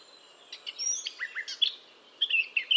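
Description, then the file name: Eurasian blackcap song, a quick burst of scratchy chattering notes that turns into loud, clear fluting whistles near the end. "Sylvia atricapilla"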